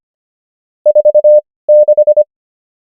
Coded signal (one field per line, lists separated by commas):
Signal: Morse code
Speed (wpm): 25 wpm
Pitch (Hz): 600 Hz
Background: none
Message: 46